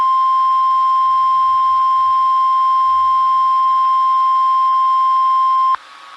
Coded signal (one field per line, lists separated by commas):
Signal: Emergency Alert System (SAME) tones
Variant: 1050 Hz attention tone